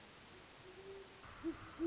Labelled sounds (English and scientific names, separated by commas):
Great Horned Owl (Bubo virginianus)